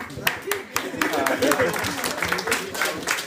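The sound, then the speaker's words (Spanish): A round of applause after a trivia question about who gave Simon Williams his ionic powers is answered. The claps are sharp and fairly steady, roughly four per second, with voices talking and murmuring underneath throughout. “Muy bien, un aplauso.”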